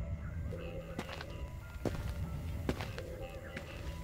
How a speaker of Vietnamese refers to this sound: những bước chân loẹt quẹt bởi tiếng dép lê xuống mặt đường đất đã ở ngay trước mặt vợ chồng ông Thìn